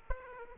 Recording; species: mosquito wingbeat signal from an infrared sensor; Aedes aegypti